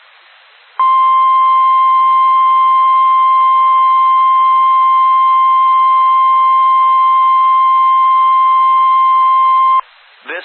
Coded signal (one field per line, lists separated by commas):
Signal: Emergency Alert System (SAME) tones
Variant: 1050 Hz attention tone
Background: speech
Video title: REQUIRED WEEKLY TEST (EAS ALERT 180)